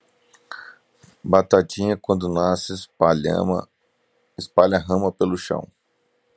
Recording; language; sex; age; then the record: short text; Brazilian Portuguese; male; 40 to 49 years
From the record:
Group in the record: control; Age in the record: 41 years